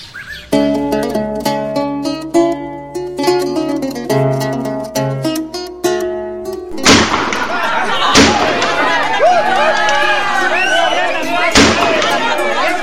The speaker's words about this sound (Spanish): ¡Alto! Nadie vaya a tirar un balazo más, porque aquel que lo haga lo arresto. No crean que porque los federales se fueron de San Andrés y no combatimos, van a desperdiciar lo poco que tenemos disparando a lo loco.